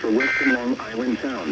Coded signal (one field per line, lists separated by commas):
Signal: Emergency Alert System (SAME) tones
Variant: end-of-message bursts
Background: speech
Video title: WWH33 Weekly Test (9/18/19) (EAS 2114)